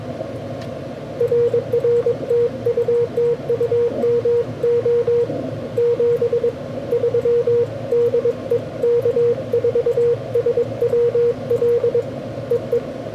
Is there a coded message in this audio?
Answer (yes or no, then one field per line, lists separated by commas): yes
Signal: Morse code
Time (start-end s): 1.2-12.8 s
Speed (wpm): 22 wpm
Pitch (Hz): 480 Hz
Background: radio noise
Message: RR TU TU MO 73 DE K4SWL EE